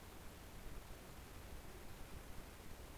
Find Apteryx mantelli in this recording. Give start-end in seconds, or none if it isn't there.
none